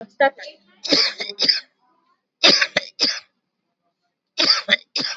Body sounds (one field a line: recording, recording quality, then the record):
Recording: heavy voluntary cough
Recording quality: excellent, no background noise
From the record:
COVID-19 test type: RT-PCR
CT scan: not taken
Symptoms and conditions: none ticked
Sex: male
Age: 56 years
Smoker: no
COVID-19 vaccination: both doses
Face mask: worn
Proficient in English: yes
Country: India